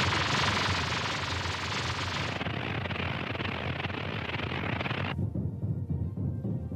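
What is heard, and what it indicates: A loud steady hiss carrying a faint high whine gives way to a duller, lower hiss, then a low crackling rumble. These are simulated examples of what people with tinnitus hear: phantom ringing, hissing or roaring with no outside source. Tinnitus affects about 20% of the population.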